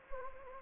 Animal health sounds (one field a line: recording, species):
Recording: mosquito wingbeat signal from an infrared sensor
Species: Anopheles gambiae